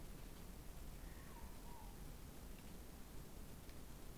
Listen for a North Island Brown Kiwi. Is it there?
no